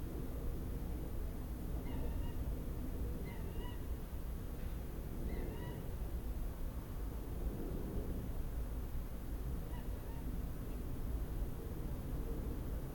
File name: Fulica atra - Eurasian Coot